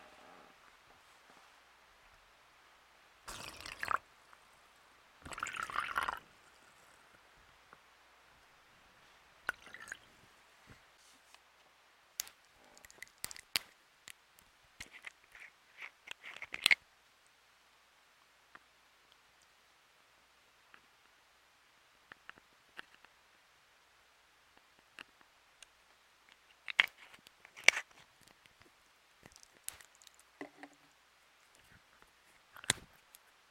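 Making DIY stress balls: sparse handling noises over a quiet background. Two short gritty bursts near 4 and 6 seconds sound like something being poured, followed by scattered clicks, taps and crinkles that cluster around 12–17 seconds and again near 27 seconds.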